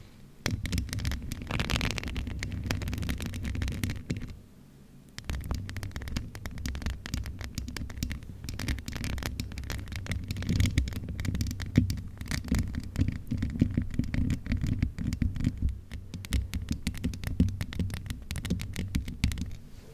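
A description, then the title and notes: Microphone scratching with no talking: dense, rough rubbing and scraping runs almost the whole time, with a heavy low rumble beneath. Sharp clicks and crackles pop up constantly, and the noise drops out briefly around the four-to-five second mark before resuming. ASMR Mic Scratching no Talking, MIT/OHNE Cover.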